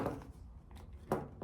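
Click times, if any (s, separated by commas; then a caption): none. A new adhesive-backed replacement ear cushion is pressed onto the dowels of a Beats headphone earcup, with soft rustling and handling noises and brief bumps near 0.2, 0.7, 1.1 and 1.4 seconds. No click has been heard, and the pad is stuck on but not clicked into place.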